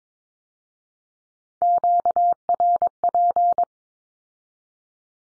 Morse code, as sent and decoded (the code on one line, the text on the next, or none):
--.- .-. .--.
QRP